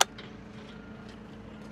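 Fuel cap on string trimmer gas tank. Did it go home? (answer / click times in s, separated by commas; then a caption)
yes / 0.0 s. A plastic fuel cap is screwed back onto a string trimmer's gas tank and tightened until its ratchet clicks. A sharp click is heard at 0.0 s, followed by a fainter tick around 0.2 s, over a steady low hum. The cap ratchets closed.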